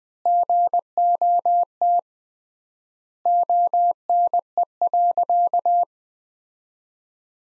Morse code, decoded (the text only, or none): GOT ONE.